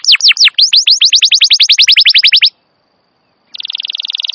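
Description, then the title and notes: Canary song with quick descending whistled notes accelerating into a fast even series, then a second of silence and a buzzy rapid trill. Wild canary song, described as long and vigorous, used as a master recording to lure or train canaries. "Pikat Kenari GACOR PANJANG INI Cocok Untuk Masteran KENARI LIAR. Masteran burung kenari gacor parah"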